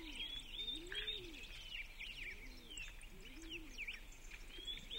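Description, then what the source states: Bird chorus of busy high chirps and whistles, steady and overlapping throughout, with soft low coos rising and falling in the background. Birds chirping in a forest.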